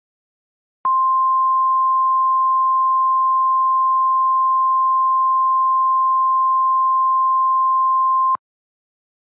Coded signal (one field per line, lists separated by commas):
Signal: Emergency Alert System (SAME) tones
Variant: 1050 Hz attention tone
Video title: EAS Scenario #34 Skinwalker!!